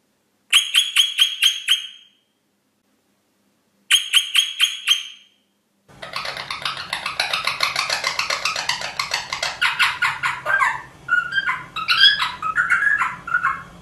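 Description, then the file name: Rosella calls: two rapid runs of sharp, ringing repeated notes, followed by a long busy stretch of chattering and twittering over a low hum. "Canto da Rosela"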